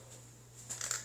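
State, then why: Seated. A pistol is pushed into a polymer duty-style retention holster, a Safariland 578 GLS, with light scraping from about 0.7 s. It seats with a sharp click at 0.9 s as the retention device engages, confirming the pistol is locked in.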